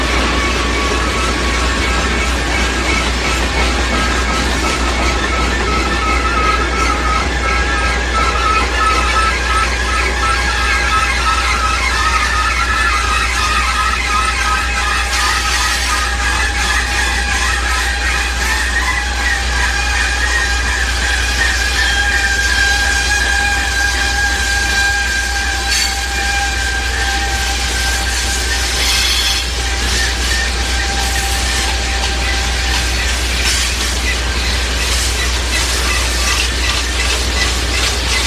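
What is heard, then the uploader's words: A train runs along the tracks with a steady, dense rumble and a constant low hum underneath. Metallic squeals and whining tones rise and hold through the middle and later parts, and brief clattering bursts recur toward the end. Train On Tracks.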